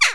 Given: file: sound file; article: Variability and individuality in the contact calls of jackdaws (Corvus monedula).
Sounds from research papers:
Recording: jackdaw call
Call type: harmonic

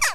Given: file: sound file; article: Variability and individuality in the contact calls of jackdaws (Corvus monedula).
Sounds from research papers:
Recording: jackdaw call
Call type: harmonic

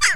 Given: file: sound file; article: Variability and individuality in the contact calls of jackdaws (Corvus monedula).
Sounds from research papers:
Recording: jackdaw call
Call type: harmonic

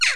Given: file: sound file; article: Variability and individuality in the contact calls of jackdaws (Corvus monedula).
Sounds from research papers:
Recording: jackdaw call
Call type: noisy

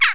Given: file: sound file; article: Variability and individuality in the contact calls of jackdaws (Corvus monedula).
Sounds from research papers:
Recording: jackdaw call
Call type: harmonic

